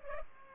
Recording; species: mosquito wingbeat signal from an infrared sensor; Culex pipiens